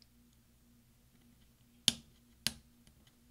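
A finger presses down on top of the plastic scissor hinge for the backslash key on a 13" MacBook Pro Unibody Core 2 Duo 2.26 GHz laptop keyboard, pushing it onto the keyboard's metal retaining pins. Two sharp clicks are heard at 1.9 s and 2.5 s, with faint ticks afterward. The hinge clicks in and is seated.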